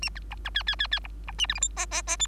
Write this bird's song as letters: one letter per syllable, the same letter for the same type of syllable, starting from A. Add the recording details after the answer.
A B C B D D D D C C A E F G H H H I. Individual Bird3